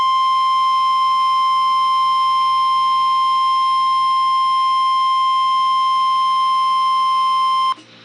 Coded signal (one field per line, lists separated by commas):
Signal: Emergency Alert System (SAME) tones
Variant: 1050 Hz attention tone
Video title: EAS #172 (Severe Thunderstorm Warning)